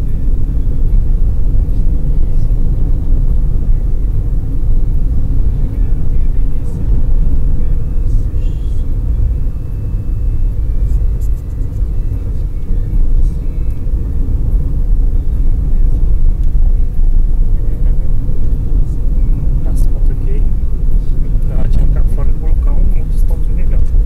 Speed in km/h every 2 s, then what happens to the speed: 58, 60, 61, 66, 67, 66, 65, 63, 61, 61, 63, 64.
0-7 speeds up to 67. 16-24 steady at about 61.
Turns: none.